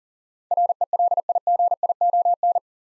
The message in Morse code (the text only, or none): RELIGION